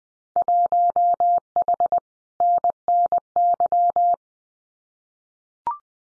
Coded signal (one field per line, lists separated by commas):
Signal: Morse code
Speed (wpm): 20 wpm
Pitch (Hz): 700 Hz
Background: none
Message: 1H NNY